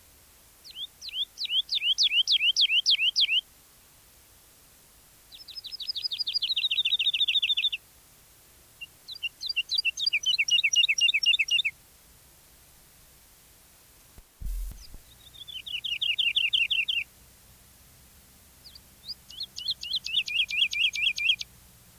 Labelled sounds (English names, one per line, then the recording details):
Wood Lark
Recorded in the wild
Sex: male
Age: adult
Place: Erlangen, Bayern, DE
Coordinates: 49.6028, 10.9819
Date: 1963-03-30
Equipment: Nagra, AKG D19/200, Original, Vollspur
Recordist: Tretzel, Erwin